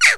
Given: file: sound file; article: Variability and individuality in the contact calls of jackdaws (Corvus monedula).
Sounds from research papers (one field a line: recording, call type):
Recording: jackdaw call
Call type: noisy